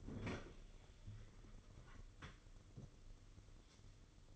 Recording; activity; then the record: daily activity, microphone in the room; open fridge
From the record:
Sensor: 4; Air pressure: 995.3 hPa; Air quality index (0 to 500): 211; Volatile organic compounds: 227 ppm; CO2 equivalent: 4295 ppm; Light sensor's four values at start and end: 35/110/41/46 and 35/108/41/46